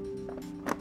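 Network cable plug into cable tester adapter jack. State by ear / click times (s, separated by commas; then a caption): not seated / none. A copper network cable's RJ45-style plug is handled at the jack of a cable analyzer's test adapter. A steady tone runs under the clip, with a soft knock at 0.3 s and a sharp, brief tick at 0.7 s, but the plug has not seated or clicked into the jack yet.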